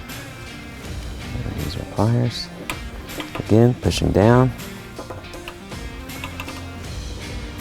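Pliers press a second plastic quick-splice tap connector down onto the other outer wire of a turn signal harness during a 2023 Super Duty LED front turn signal installation. Someone talks over soft background music, and a few sharp handling ticks are heard. Nothing has clicked into place or seated yet.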